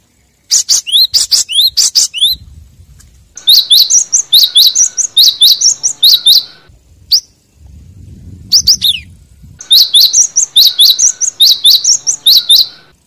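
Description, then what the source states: Lovebird chirping in long, fast runs of shrill squeaky notes, interrupted by low rumbling noise, then the rapid high chirps resume. Lovebird call used as a lure for trapping birds.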